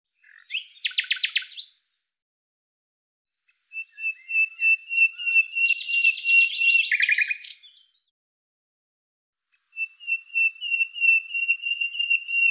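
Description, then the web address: Bird calls: a buzzy pulsed burst, then thin high whistled trills with a rapid rattling stretch, a pause, and a final long high trill; no other sounds. "Deverinetal 2025"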